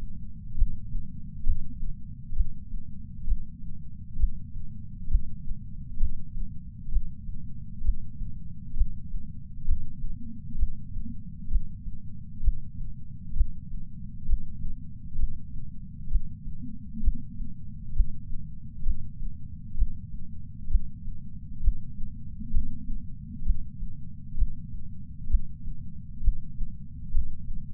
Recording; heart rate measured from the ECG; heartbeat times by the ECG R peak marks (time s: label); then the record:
heart sounds by patch sensor on the chest; 65 bpm
0.57 s: heartbeat
1.46 s: heartbeat
2.35 s: heartbeat
3.26 s: heartbeat
4.18 s: heartbeat
5.09 s: heartbeat
5.99 s: heartbeat
6.91 s: heartbeat
7.83 s: heartbeat
8.76 s: heartbeat
9.67 s: heartbeat
10.57 s: heartbeat
11.50 s: heartbeat
12.42 s: heartbeat
13.35 s: heartbeat
14.27 s: heartbeat
15.18 s: heartbeat
16.10 s: heartbeat
17.02 s: heartbeat
17.94 s: heartbeat
18.85 s: heartbeat
19.76 s: heartbeat
20.69 s: heartbeat
21.62 s: heartbeat
22.53 s: heartbeat
23.44 s: heartbeat
24.36 s: heartbeat
25.29 s: heartbeat
26.22 s: heartbeat
27.13 s: heartbeat
From the record:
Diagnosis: coronary artery disease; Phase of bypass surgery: preoperative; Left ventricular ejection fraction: 65.2%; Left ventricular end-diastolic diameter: 45 mm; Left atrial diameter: 36 mm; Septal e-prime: 3.6 cm/s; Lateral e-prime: 5.4 cm/s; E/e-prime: 13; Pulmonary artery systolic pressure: 22 mmHg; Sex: female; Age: 69 years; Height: 148 cm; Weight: 51 kg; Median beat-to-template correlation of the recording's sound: 0.94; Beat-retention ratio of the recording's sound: 0.99